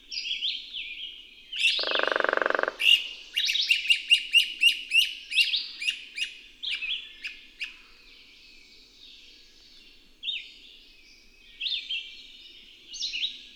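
Bird song, a fast string of sharp high chirps, then sliding whistled notes spaced a few seconds apart, with one short buzzy croak near the start.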